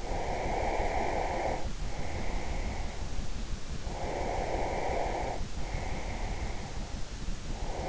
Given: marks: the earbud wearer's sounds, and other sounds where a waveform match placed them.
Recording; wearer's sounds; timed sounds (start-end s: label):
sounds in sleep by an in-ear microphone; breath
0.00-2.91 s: breath
3.78-6.59 s: breath